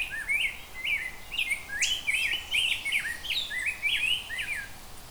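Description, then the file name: Rose-breasted grosbeak song, a continuous run of sweet, robin-like whistled notes that rise and fall quickly, with a faint steady background hiss. "Rose Breated Grosebeak"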